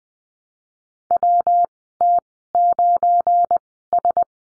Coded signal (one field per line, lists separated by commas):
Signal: Morse code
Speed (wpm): 20 wpm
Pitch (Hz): 700 Hz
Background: none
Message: WT9S